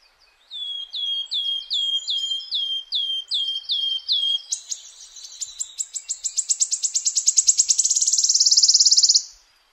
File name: woodwarbler